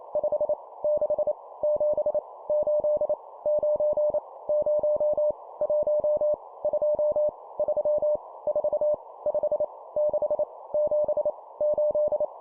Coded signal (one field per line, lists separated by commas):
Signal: Morse code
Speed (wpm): 28 wpm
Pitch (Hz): 600 Hz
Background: none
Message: 5 6 7 8 9 0 1 2 3 4 5 6 7 8